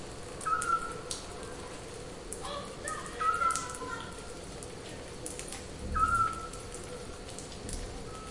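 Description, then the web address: Eurasian scops owl uttering short piping whistles at regular intervals of around three seconds, over crackly background noise. "zwergohreule"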